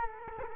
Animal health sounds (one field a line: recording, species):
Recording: mosquito wingbeat signal from an infrared sensor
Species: Culex quinquefasciatus